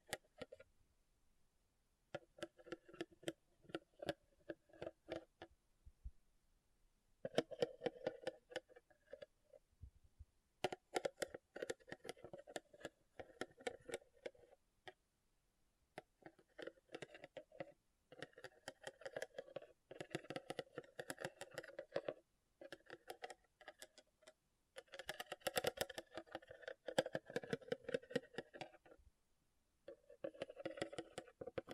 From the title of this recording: RHINESTONE Tapping & Scratching Sounds